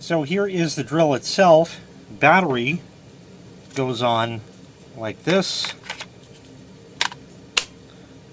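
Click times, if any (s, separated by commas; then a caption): 7.6 s. Someone talks, then slides a SCANS 20V slide-on battery pack onto the base of a cordless impact driver. A light tap comes at 7.0 s, and a sharp click at 7.6 s as the pack latches and seats in place.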